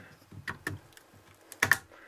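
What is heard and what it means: A memory module (RAM stick) is pushed straight down into a motherboard DIMM slot. After a few softer taps near 0.5 and 0.7 seconds, two loud, sharp clicks come at 1.6 and 1.7 seconds as the retaining tabs snap shut. The module is seated.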